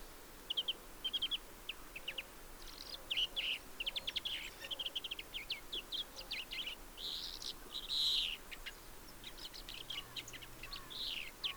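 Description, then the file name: European greenfinch calls: rapid twittering trills in quick runs, broken by a harsh buzzy wheeze about two-thirds through, over faint constant background noise. "Chloris chloris"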